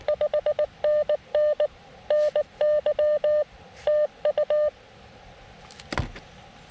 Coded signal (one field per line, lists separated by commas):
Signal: Morse code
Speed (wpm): 20 wpm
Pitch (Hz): 600 Hz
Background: none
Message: 5NN NY TU